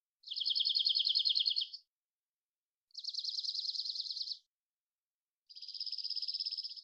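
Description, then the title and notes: Dark-eyed junco giving three separate fast trills, the last with a different, buzzier note pattern, with clean silent pauses between. Collected song variations and trills, isolated, recorded in the Pacific Northwest, Washington, United States. "Dark-eyed Junco, Junco hyemalis, collected song variations, trills, isolated Recorded in the beautiful Pacific Northwest, Washington, United States"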